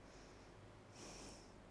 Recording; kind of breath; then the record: one breath in and out by a microphone near the nose and mouth; normal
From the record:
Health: marked as sick, illness not named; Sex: female